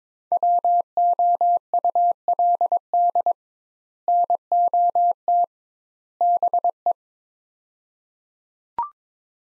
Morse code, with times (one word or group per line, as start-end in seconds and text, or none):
0.3-3.3 WOULD
4.1-5.4 NOT
6.2-6.9 BE